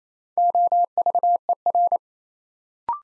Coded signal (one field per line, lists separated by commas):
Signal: Morse code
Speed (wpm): 27 wpm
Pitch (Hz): 700 Hz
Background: none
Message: OVER